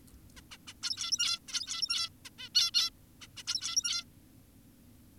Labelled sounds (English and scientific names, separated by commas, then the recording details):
Zebra Finch (Taeniopygia guttata)
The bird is an adult
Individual g17y2U